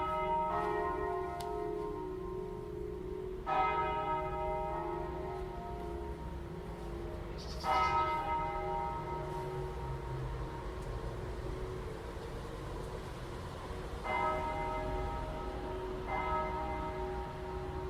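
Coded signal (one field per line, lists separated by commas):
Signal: bell signal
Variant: battiore and plenum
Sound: large church bells struck repeatedly, with long overlapping resonant rings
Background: outdoor ambience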